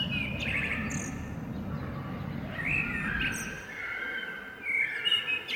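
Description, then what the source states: Eurasian blackbird singing soft warbled whistles with high chittering ends, over continuous low rumbling noise that fades after midway. Recorded 21 February 2023.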